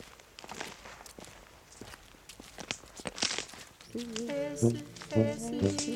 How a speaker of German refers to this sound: Wald. Schritte auf Waldboden.